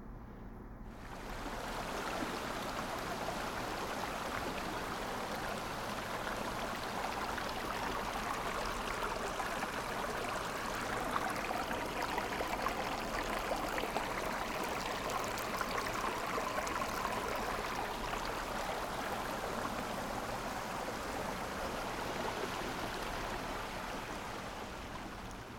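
Water rushes steadily in a stream valley near Xizhi's Baliansi. After a quiet first second the sound swells to a dense, unbroken wash of splashing and hiss that holds evenly for the rest of the clip, over a faint low hum.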